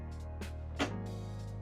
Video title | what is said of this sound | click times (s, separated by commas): Radio Controlled Tugboat • Heng Long (23.6 inches) 🚤 | It is snap into place. | 0.8 s